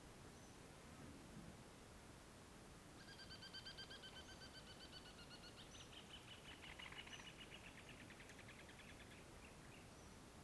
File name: Passaros perto e longe na rua a tarde, dois passaros conversando e vento leve no meio